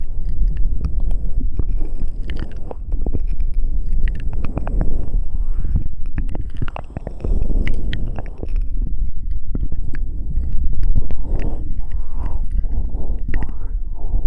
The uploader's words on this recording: ASMR Ear Eating Licking Fastest Chaotic.